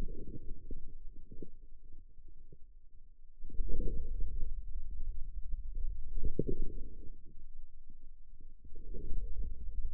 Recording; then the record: forearm muscle sounds (acoustic myography)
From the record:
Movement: inward rotation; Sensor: system 2, bracelet of six BSWA MPA416 microphones around the upper forearm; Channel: 5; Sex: male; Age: 22 years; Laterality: right